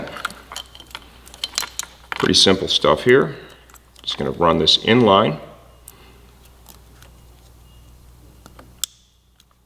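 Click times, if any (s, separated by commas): 8.8 s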